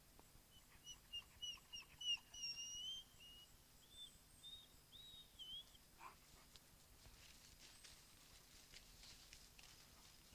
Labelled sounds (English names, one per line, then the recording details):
Gray Wolf
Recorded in captivity
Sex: male
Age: adult
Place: Wildlife Park Shubenacadie, Nova Scotia, CA
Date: 1991-10-05
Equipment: Sony WM-D6C, Sony ECM-939 LT (Stereo), Kopie Uher 4400 IC
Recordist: Frommolt, Karl-Heinz